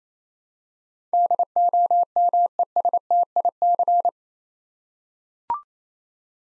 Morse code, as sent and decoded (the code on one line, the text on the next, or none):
-.. --- -- . ... - .. -.-.
DOMESTIC